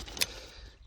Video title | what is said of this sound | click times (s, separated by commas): Ozzi Gear Outdoor Chair *REAL* Unboxing and Review | and that's gone click. See that little click there? | 0.2 s